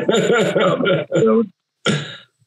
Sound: laughter